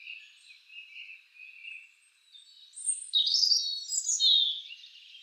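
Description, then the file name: European robin song, soft thin warbling at first, then a louder run of high, sweet, rapidly changing whistles and trills in the second half. "Erithacus rubecula"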